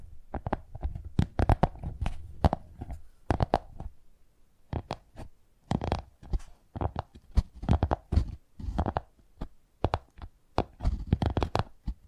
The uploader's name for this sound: Brain Tingly Tapping Sounds